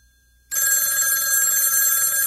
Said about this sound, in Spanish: ¿Es que nadie va a responder al teléfono?